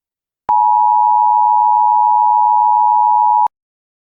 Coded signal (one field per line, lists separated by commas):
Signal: Emergency Alert System (SAME) tones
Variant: 853 and 960 Hz attention tone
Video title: EAS Scenario: The Frost Apocalypse - Creatures?